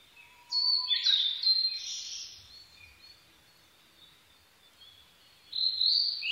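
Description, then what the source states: Blue-and-white flycatcher sings a lively whistled phrase that slides between high notes, followed after a pause by the start of another phrase. 22 May 2011 at 04:34.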